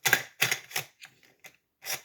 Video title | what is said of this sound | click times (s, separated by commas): Almond Cow- Review and tutorial!! | it's locked into place. | 0.4 s